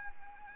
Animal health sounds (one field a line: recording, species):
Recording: mosquito wingbeat signal from an infrared sensor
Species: Anopheles arabiensis